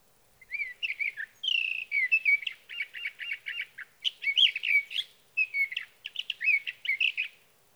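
Sage thrasher song, a fast rambling medley of whistled slurs and a stretch of repeated rapid buzzy notes, continuing for several seconds.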